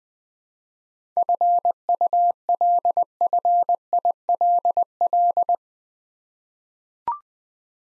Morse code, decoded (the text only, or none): FULFILL